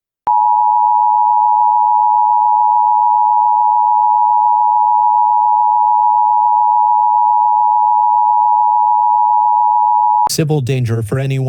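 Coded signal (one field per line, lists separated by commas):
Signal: Emergency Alert System (SAME) tones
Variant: 853 and 960 Hz attention tone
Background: speech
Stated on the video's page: Fictional EAS scenario about a nuclear reactor meltdown.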